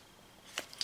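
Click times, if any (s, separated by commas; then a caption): 0.6 s, 0.7 s, 0.8 s. A 7-inch Alcatel One Touch Evo7 tablet is forced a little to unhook it from its clipped-in plastic packaging cradle. After a quiet stretch, sharp short snaps are heard at 0.6, 0.7 and 0.8 seconds as the plastic clips let go. The tablet is released from the cradle.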